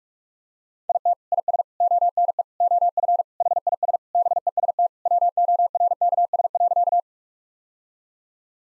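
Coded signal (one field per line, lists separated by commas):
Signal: Morse code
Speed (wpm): 46 wpm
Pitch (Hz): 700 Hz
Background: none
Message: IT IS ONE OF HIS BEST WORKS.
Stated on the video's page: Morse practice sentences of common three-word phrases at 45 wpm, each sent, spoken, then sent again.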